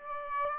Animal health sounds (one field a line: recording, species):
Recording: mosquito wingbeat signal from an infrared sensor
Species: Aedes aegypti